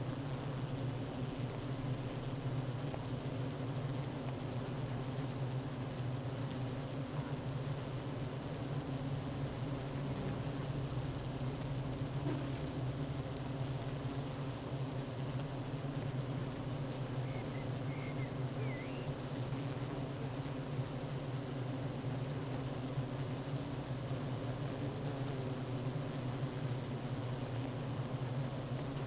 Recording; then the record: honeybee colony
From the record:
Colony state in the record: active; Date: 12 June 2018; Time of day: 9:50